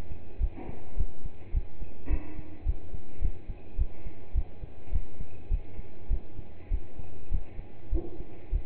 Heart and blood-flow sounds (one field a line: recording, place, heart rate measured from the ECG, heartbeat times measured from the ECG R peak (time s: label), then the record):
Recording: heart sounds by stethoscope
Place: between the tricuspid and mitral areas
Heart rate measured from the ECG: 103 bpm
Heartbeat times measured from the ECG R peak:
0.40 s: heartbeat
0.97 s: heartbeat
1.53 s: heartbeat
2.09 s: heartbeat
2.65 s: heartbeat
3.21 s: heartbeat
3.78 s: heartbeat
4.34 s: heartbeat
4.92 s: heartbeat
5.50 s: heartbeat
6.10 s: heartbeat
6.70 s: heartbeat
7.31 s: heartbeat
7.91 s: heartbeat
8.52 s: heartbeat
From the record:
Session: pedaling a stationary bicycle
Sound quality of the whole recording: partially saturated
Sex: male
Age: 27 years